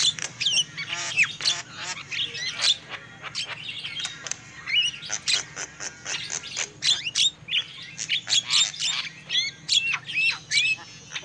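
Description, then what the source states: Lovebirds calling in rapid bursts of sharp, high squeaks and harsh chips, pausing briefly between clusters, over a faint low hum. Lovebird calls used as a lure for trapping birds.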